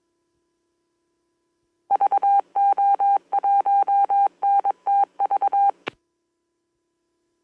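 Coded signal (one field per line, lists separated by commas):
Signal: Morse code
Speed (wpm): 22 wpm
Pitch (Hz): 800 Hz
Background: none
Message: VO1NTV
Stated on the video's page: Morse in a quick contact made over a local repeater.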